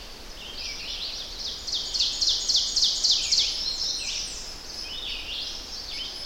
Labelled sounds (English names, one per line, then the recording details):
Ovenbird song
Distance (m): 35 m
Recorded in boreal forest in Alberta, Canada, on 10 June 2016 at 05:57
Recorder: SongMeter 3, array SBT-3-39
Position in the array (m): 208 m, 163 m
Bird 17